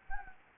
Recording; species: mosquito wingbeat signal from an infrared sensor; Anopheles gambiae